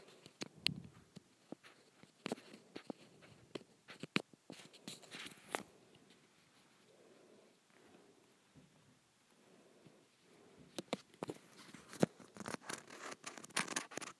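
Textured plastic is scratched in uneven bursts of sharp clicks and short rasping strokes, busy for the first five seconds. A quieter stretch of faint rubbing follows until about ten seconds, then dense, bright clicking scratches pick up again to the end.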